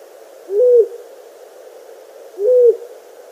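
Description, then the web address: Long-eared owl hooting: two low, even hoots about two seconds apart, each brief and slightly arched in pitch, over quiet background hiss. Male giving display calls. "Schulze Peter Long-eared Owl"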